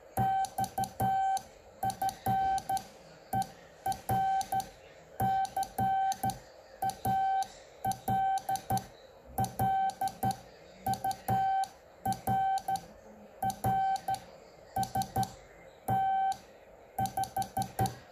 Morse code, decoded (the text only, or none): XF ER CALL UR RST 5